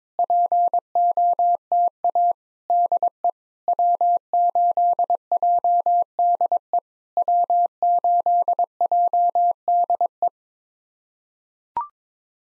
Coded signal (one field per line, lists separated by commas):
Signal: Morse code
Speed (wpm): 22 wpm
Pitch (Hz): 700 Hz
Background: none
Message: POTA DE W8JDE W8JDE